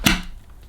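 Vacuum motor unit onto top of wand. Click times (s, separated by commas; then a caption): 0.1 s. A Shark Stratos IZ400UKT Pet Pro cordless stick vacuum's handheld motor unit is pushed onto the top of its plastic wand. It gives a sharp click at 0.1 s that fades out quickly, and the unit is seated on the wand.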